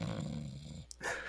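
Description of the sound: A low, rattling, vibrating rumble lasts under a second, then a short pause and a breathy rush of air. It is a spoken imitation of loud snoring.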